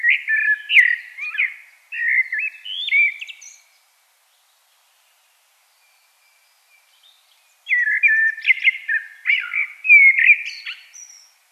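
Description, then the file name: Common blackbird song: two bursts of fluted warbling phrases ending in thin, high squeaky twitters, separated by a few seconds of silence. "Turdus merula"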